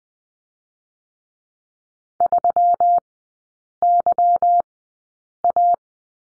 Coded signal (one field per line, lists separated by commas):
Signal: Morse code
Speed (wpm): 20 wpm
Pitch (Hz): 700 Hz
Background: none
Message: 3YA